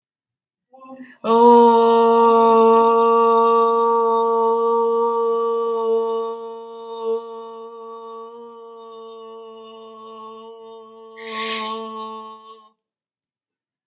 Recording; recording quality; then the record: sustained vowel as in boot; excellent, no background noise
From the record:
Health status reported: healthy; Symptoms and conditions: none ticked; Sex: female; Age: 20 years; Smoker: not ticked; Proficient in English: yes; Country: India